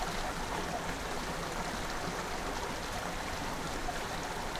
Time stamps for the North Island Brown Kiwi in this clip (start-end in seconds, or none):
none